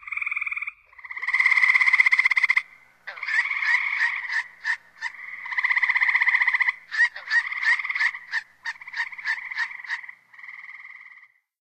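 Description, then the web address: Gray treefrog giving several pulsed, musical trills in quick succession, with some choppy short bursts between. North America. "Songs of Frogs Toads of North America. Gray Treefrog"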